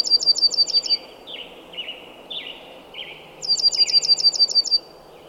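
Bird song: a quick series of about seven sharp high notes, then several lower slurred whistles, and the rapid high series again, over steady soft background noise.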